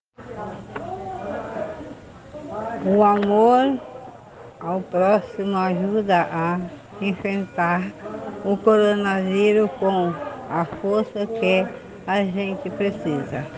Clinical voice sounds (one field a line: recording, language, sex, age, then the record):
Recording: spoken sentence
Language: Brazilian Portuguese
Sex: female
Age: 60 to 69 years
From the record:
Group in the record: respiratory insufficiency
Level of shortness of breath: 5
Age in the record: 66 years